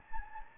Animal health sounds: mosquito wingbeat signal from an infrared sensor; Anopheles gambiae

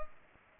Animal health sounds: mosquito wingbeat signal from an infrared sensor; Culex pipiens

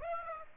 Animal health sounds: mosquito wingbeat signal from an infrared sensor; Aedes aegypti

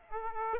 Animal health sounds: mosquito wingbeat signal from an infrared sensor; Aedes aegypti

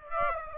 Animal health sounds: mosquito wingbeat signal from an infrared sensor; Aedes aegypti

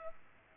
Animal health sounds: mosquito wingbeat signal from an infrared sensor; Culex pipiens

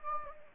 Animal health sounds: mosquito wingbeat signal from an infrared sensor; Anopheles gambiae

